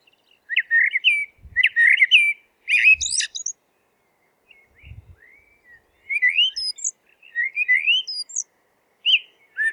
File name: merel zang